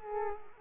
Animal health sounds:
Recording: mosquito wingbeat signal from an infrared sensor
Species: Culex quinquefasciatus

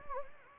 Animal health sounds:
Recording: mosquito wingbeat signal from an infrared sensor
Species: Anopheles gambiae

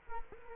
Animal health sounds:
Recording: mosquito wingbeat signal from an infrared sensor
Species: Culex quinquefasciatus

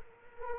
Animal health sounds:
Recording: mosquito wingbeat signal from an infrared sensor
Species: Culex quinquefasciatus

